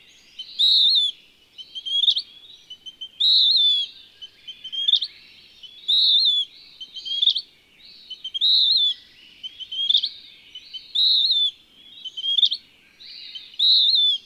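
Western wood-pewee singing persistently: hoarse slurred notes about every two and a half seconds, with quick chips between phrases.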